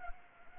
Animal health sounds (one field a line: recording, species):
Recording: mosquito wingbeat signal from an infrared sensor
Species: Anopheles gambiae